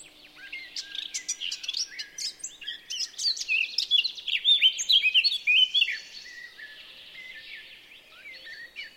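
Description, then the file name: Eurasian blackcap song: a busy, rapid warble of chirps and brief whistles, loudest in the middle, then fading to soft scattered notes. "Sylvia atricapilla"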